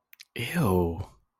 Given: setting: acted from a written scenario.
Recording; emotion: vocal sound without words; disgust